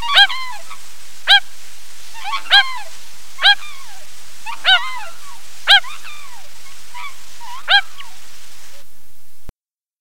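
Stilt giving repeated sharp, harsh yelps about once a second, with softer yaps between them, then a sudden cut to silence near the end.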